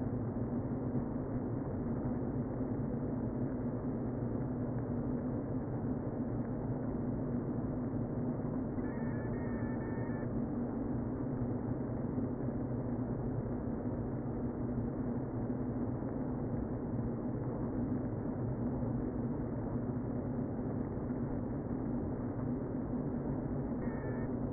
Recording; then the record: honeybee colony, microphone inside the hive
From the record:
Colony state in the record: queen present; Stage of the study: before two queens were removed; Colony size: about 60,000 bees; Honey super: yes